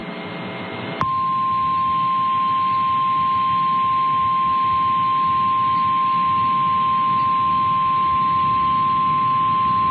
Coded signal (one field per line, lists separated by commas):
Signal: Emergency Alert System (SAME) tones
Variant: 1050 Hz attention tone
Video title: Severe Thunderstorm Warning (Bottineau, McHenry, Renville, Ward Counties, ND) (8/7/25) [EAS #241]